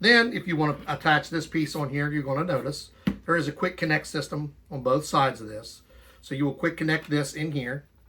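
A plastic floor attachment is handled against the quick-connect fitting, which has connectors on both sides, of a Honiture X7 cordless vacuum while someone talks throughout. The attachment has not seated or clicked into place yet by the end of the clip.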